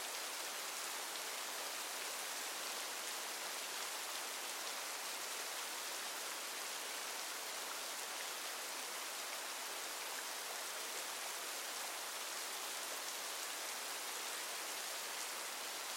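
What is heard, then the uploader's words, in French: Gentle rain falls in a steady, dense hiss that stays even from start to finish. The sound is bright and airy, with almost nothing in the low end, like fine drops pattering on a surface. No other sounds break through. Douceur de la Pluie. L'ambiance sereine de la douce pluie.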